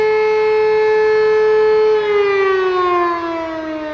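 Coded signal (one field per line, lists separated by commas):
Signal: siren signal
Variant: E57 motor siren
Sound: loud steady motor siren wail with rich harmonics, starting to wind down in pitch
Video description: Monatliche Sirenenprobe in Hennef-Heisterschoß am 4. Samstag im Monat um 11.30 Uhr mit dem Signal "Feueralarm".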